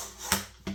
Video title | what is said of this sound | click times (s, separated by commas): True Temper telescoping roof rake assembly. | It'll snap into place there. | 0.3 s, 0.7 s